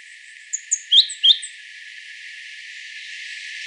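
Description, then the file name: European robin uttering a brief run of high, thin notes rising in strength, followed by steady background hiss. "Erithacus rubecula"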